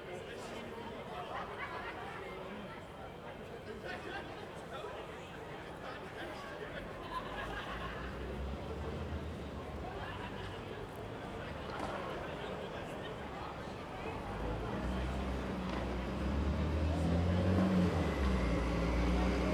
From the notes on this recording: quiet streets, buses quarter-full